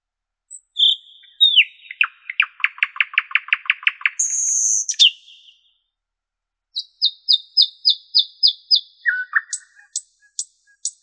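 Common nightingale song: rapid series of sharp descending notes, a high buzzy burst, a pause, then repeated clear notes and crisp ticks.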